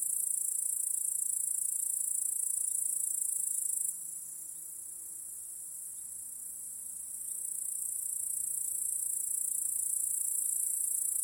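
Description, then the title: Crickets produce a constant high-pitched chirring chorus, quieter for a few seconds in the middle, then full again. Cricket chorus in a home backyard at night. "Crickets in Your Backyard 🏡. Discovering the Sounds of Home"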